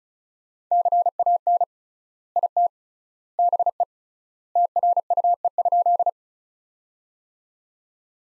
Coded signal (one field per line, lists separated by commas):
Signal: Morse code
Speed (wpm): 36 wpm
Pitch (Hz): 700 Hz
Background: none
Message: CAN IT BE TRUE?